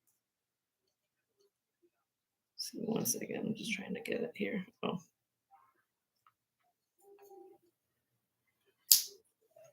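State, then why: Seated. A metal clasp on a heavy piece of jewelry, a necklace or bracelet, is worked into place while someone talks. Then a sharp, loud snap at 8.9 s shows the clasp has shut.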